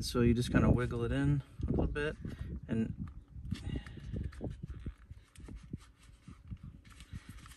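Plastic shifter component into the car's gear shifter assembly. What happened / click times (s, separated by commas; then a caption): The plastic part is worked into position without seating yet / none. A plastic shifter component is wiggled into the gear shifter assembly of a GMC Acadia while the leather boot is moved out of the way. Someone talks for the first few seconds, then faint rustling and small handling ticks follow. The part has not snapped into place yet.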